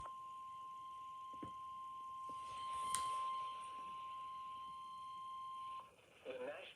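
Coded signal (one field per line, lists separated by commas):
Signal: Emergency Alert System (SAME) tones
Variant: 1050 Hz attention tone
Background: speech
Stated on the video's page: Severe thunderstorm warning received on a Midland ER310 weather radio from NWS Shreveport.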